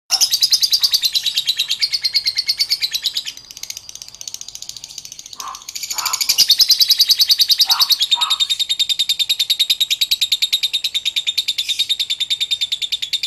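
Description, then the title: Oriental magpie-robin delivering a sustained high, rapid chattering song of steadily repeated pulsed notes, dipping briefly midway, with a few lower short sounds in the background. "Kicau Kacer Durasi Panjang 1jam Lebih"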